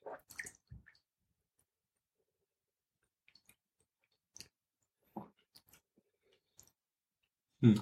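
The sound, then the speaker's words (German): Quiet, scattered wet mouth sounds from sipping and tasting Bruichladdich whisky from bourbon casks with water added: soft slurps, lip smacks and tongue clicks separated by silence, ending in a louder, fuller slurp. “Ich würde sagen, wir probieren jetzt einfach mal.”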